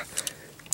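Two large plastic tabs on the lower body of a transforming robot action figure are pushed into their slots during transformation. A few light ticks come before a sharp snap at 0.7 s. The tabs lock securely into place.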